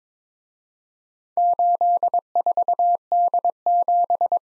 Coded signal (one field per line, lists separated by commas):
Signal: Morse code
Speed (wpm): 26 wpm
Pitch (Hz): 700 Hz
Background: none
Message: 84D7